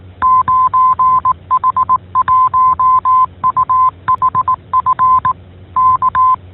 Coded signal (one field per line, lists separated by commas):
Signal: Morse code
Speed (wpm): 18 wpm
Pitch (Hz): 1030 Hz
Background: none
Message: 9H1UHF K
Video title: 08. 9H-HAM GlobalNet - Main topic - HAM Radio is for everyone [20 May 2021]